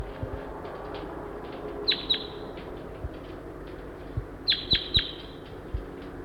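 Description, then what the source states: Crossbill giving sharp, high, clipped kip notes, a pair and then a quick cluster of three, over a low steady background hum. Wild female crossbill, recorded with the microphone pointed at her.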